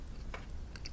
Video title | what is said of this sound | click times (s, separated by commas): Replacing the Revox B215 Cassettedeck display for a new bright LED one. | It just snaps in place. | 0.8 s, 0.9 s